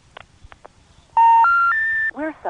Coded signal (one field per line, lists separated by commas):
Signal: telephone call progress tone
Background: speech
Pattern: special information tone